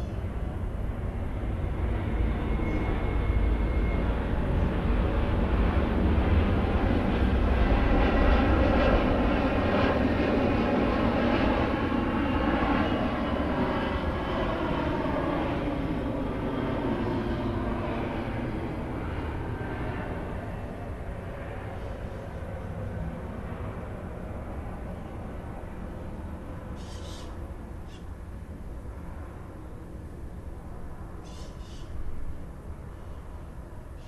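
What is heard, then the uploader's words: A plane passes overhead, its deep, rushing roar loudest around the first eight seconds, with a wavering pitch as it moves away and slowly fades. Near the end, after about 27 and 31 seconds, short, sharp squawks from parrots cut through. Parrots & the plane.m4a by Juraj Kojš.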